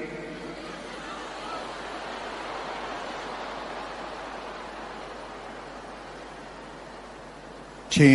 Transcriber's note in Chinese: 掌声